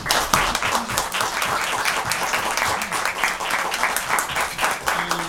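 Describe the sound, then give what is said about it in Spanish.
Steady audience applause at a choir concert of the program Omnipotence, works of the 20th century, given for the conductor, maestro Noé Josafat García Melo: a dense crackle of many hands clapping at once that holds an even loudness for several seconds, with faint murmurs of voices mixed in. “Básicamente son selecciones de obras del siglo XX y están dirigidas en esta selección por nuestro director, el maestro Noé Josafat García Melo, para quien pido un aplauso de todos ustedes.”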